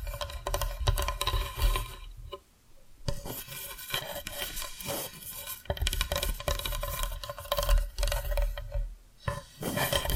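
Tapping and scratching sounds run in a dense, rasping stream of rubbing and filing strokes, with quick taps scattered throughout. The texture is bright and gritty, broken by short near-silent gaps around two and a half seconds and again near nine and a half seconds.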